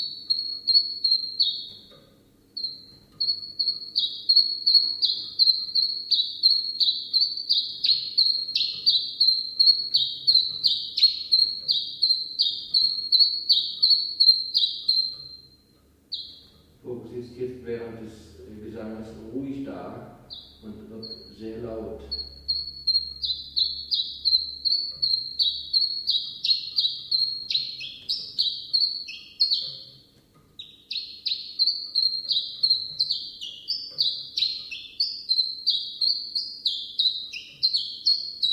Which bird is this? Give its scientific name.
Phylloscopus collybita